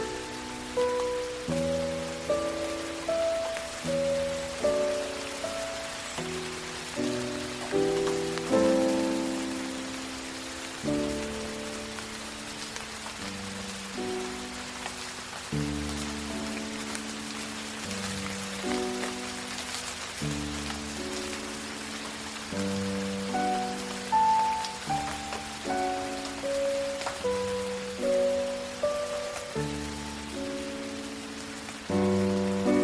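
Steady, dense falling rain hisses throughout while soft piano notes and chords play a slow, flowing melody, changing every second or two.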